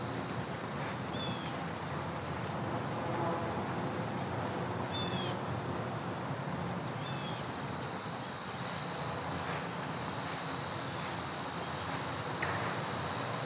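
Steady high grasshopper buzzing runs throughout over a dense crunching of footsteps on gravel, with a few brief bird chirps scattered across.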